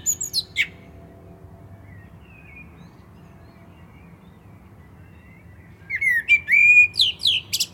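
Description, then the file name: Common blackbird song: a squeaky twitter opens, a quiet pause with warbling follows, then a phrase of rich whistles ending in high chattering notes. "Turdus merula"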